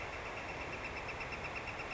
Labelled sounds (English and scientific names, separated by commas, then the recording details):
Northern Flicker (Colaptes auratus)
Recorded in Sonoma County, California